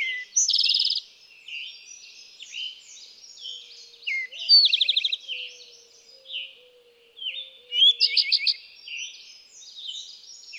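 Eastern towhee song: a sharp slurred note and a fast ringing trill, over a dense chorus of other birds that includes a repeated pulsed phrase.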